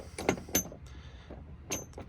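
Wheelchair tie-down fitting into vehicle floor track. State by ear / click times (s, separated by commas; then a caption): seated / 0.3 s, 0.5 s. A manual wheelchair tie-down fitting is lined up on the circles of the floor track in a 2015 Toyota Sienna VMI Northstar Power One Touch Infloor Ramp wheelchair van, then pressed down and slid into place. Sharp metallic clicks ring out at 0.3 s and 0.6 s as the fitting locks into the track, followed by a softer sliding sound and another sharp rattle near 1.7 s. The tie-down is seated and locked in the floor track.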